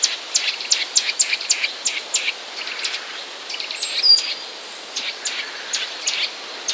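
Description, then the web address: Eurasian nuthatch chattering, short sharp high notes tumbling out in quick irregular series, with one brief thin whistle midway and a soft background hiss. "wroblowe kowalik kowalikszczebiot"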